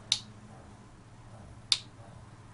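A plastic artificial nail tip is pressed onto the finger of a plastic practice trainer hand until it locks in place. Two sharp, bright clicks are heard at 0.1 s and 1.7 s over a quiet low hum, and the tip is seated after the two clicks.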